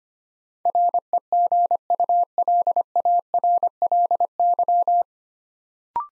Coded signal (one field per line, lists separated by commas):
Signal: Morse code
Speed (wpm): 25 wpm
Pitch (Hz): 700 Hz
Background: none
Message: REGULARLY